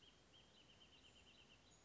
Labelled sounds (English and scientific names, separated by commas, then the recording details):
Wrentit (Chamaea fasciata)
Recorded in Sonoma County, California